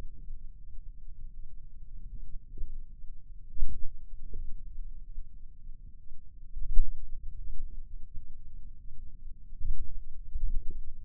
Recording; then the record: forearm muscle sounds (acoustic myography)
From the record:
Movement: wrist flexion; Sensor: system 2, bracelet of six BSWA MPA416 microphones around the upper forearm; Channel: 2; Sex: male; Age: 22 years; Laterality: right